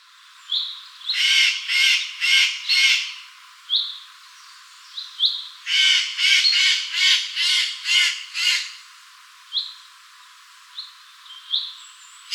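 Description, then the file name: Eurasian jay giving runs of rasping, hoarse screeches, four then several in rapid series, with scattered thin upslurred chirps between. "Garrulus glandarius"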